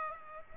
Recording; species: mosquito wingbeat signal from an infrared sensor; Aedes aegypti